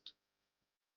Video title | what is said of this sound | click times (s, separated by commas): ZHNN - Step By Step Installation - 8.66" Rear screen for Tesla Model 3 & Model Y | and push in until it clicks | 0.1 s